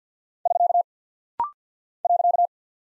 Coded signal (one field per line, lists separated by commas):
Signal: Morse code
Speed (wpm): 48 wpm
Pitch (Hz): 700 Hz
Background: none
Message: <SK> .